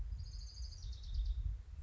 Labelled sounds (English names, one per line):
Orange-crowned Warbler